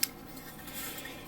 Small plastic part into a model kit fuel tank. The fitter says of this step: Like that, until it snaps in.